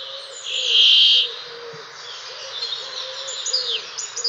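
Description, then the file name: Brambling with one drawn-out wheezy buzz lasting under a second, then softer twittering and chirps. "Kvaekerfinke"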